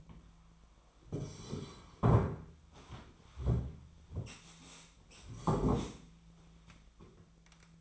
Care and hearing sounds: daily activity, microphone in the room; sit down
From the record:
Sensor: 1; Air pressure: 1008.2 hPa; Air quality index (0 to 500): 191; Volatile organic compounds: 17 ppm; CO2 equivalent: 2586 ppm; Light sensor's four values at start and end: 13/33/13/15 and 14/36/14/16

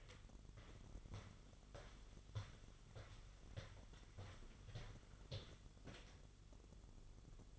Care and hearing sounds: daily activity, microphone in the room; walk to room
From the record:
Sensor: 4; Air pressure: 1009.0 hPa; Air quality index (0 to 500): 137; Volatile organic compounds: 2 ppm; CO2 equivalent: 992 ppm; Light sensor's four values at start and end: 14/33/13/12 and 13/29/11/11

